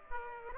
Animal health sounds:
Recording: mosquito wingbeat signal from an infrared sensor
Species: Aedes aegypti

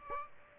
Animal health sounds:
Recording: mosquito wingbeat signal from an infrared sensor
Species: Aedes aegypti

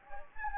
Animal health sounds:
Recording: mosquito wingbeat signal from an infrared sensor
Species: Anopheles gambiae

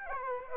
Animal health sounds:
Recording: mosquito wingbeat signal from an infrared sensor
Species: Aedes aegypti

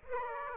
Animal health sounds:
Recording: mosquito wingbeat signal from an infrared sensor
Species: Aedes aegypti

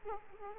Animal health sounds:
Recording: mosquito wingbeat signal from an infrared sensor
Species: Aedes aegypti

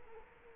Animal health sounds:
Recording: mosquito wingbeat signal from an infrared sensor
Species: Culex quinquefasciatus

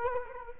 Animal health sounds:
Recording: mosquito wingbeat signal from an infrared sensor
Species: Culex quinquefasciatus

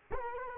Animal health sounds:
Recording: mosquito wingbeat signal from an infrared sensor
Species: Culex quinquefasciatus

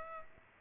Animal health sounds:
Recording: mosquito wingbeat signal from an infrared sensor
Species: Aedes aegypti

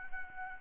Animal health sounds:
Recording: mosquito wingbeat signal from an infrared sensor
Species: Anopheles arabiensis

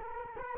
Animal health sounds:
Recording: mosquito wingbeat signal from an infrared sensor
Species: Culex quinquefasciatus

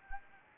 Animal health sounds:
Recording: mosquito wingbeat signal from an infrared sensor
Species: Anopheles gambiae

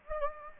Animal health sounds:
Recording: mosquito wingbeat signal from an infrared sensor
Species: Anopheles gambiae

